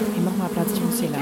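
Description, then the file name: Bees buzzing in a low, steady hum. "bienen"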